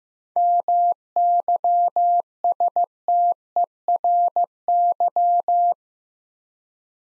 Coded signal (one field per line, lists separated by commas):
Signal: Morse code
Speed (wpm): 15 wpm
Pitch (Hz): 700 Hz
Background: none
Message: MYSTERY